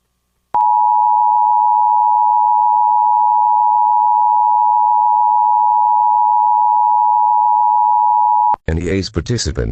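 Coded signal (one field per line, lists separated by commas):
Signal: Emergency Alert System (SAME) tones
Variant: 853 and 960 Hz attention tone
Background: speech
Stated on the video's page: Mock radiological hazard warning made for a birthday, containing valid EAS tones.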